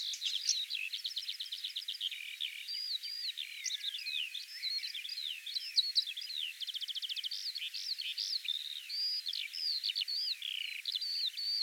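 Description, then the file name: Corn bunting song: quick stuttering chips and scratchy phrases, with brief rattling trills mixed in, running steadily throughout without pause. "Strillozzo"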